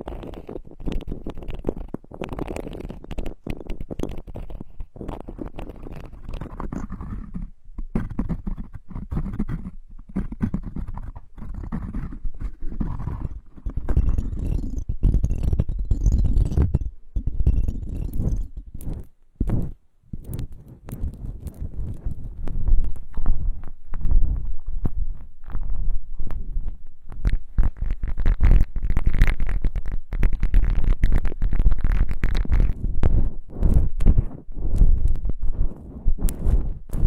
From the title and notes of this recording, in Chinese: 鹿老师的自习室，在我的翻书声中入睡吧。